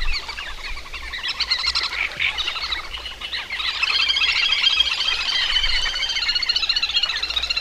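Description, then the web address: Little grebe in a nearly continuous, rapid, high, rippling trill that swells louder and becomes denser in the second half. "agykontroll Madardalok Cd 3. Kis vöcsök"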